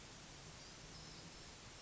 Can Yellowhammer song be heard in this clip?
no